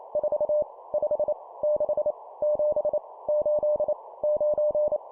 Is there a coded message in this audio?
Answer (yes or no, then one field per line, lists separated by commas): yes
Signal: Morse code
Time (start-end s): 0.2-5.0 s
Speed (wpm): 28 wpm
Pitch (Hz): 600 Hz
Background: none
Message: 4 5 6 7 8 9